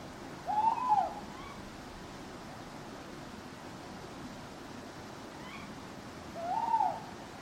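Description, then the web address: Owl hoots, two drawn-out arched hoots about six seconds apart, over a steady background hiss. Owls hooting at night in a churchyard. "birds backgrounds churchyard night owls hooting clock strike"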